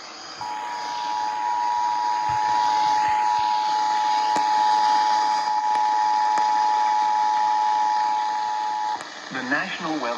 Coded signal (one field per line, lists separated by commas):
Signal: Emergency Alert System (SAME) tones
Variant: 853 and 960 Hz attention tone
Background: speech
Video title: December Tornado Trouble... - EAS alerts of 12/28 (EAS #1,856-1,903)